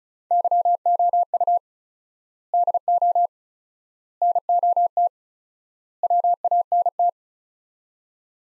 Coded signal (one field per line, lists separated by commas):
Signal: Morse code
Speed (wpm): 36 wpm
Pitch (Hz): 700 Hz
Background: none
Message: YOU DO NOT WANT